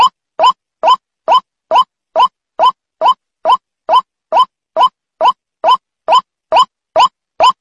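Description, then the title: White-breasted waterhen, a clipped upward-inflected croak given over and over at an even pace, roughly two notes per second, with silence between. Lure for attracting the birds. "Pikat Ruak Ruak"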